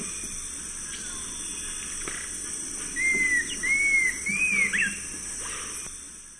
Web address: Natures Songs S America Eastern Lowlands Cinnamon Attila